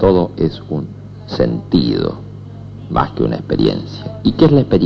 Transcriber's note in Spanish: none